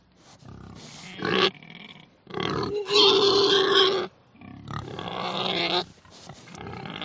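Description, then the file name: Pig squealing and grunting in loud harsh bursts, a shrill squeal in the middle followed by further rough grunting squeals. "audio hero Pig"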